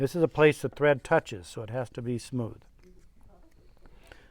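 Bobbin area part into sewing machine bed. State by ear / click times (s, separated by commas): partly seated / 4.1 s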